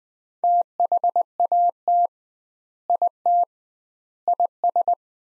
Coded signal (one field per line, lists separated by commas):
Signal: Morse code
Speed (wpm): 21 wpm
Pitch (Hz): 700 Hz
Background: none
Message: THAT IT IS